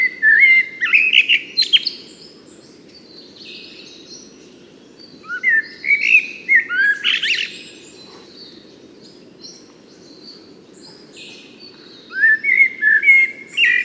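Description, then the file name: Common blackbird song: three phrases of low, fluty, warbled notes, the first two closing in a higher squeaky twitter, separated by pauses of several seconds, over a steady low background hum. "Turdus merula"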